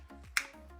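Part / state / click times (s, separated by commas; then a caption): hand strap lock in a trekking pole grip / released / 0.4 s. A hand strap is pulled upward on a carbon trekking pole, and the strap lock in the grip releases with a sharp click at 0.4 s. A faint soft tap at 0.1 s precedes it, with a low steady hum throughout, and the lock is left open.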